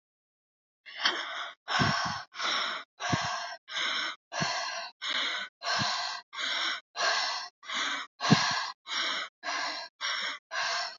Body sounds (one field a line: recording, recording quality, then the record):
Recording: shallow breathing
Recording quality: excellent, no background noise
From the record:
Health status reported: healthy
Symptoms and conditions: diabetes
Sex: female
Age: 51 years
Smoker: not ticked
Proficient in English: yes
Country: India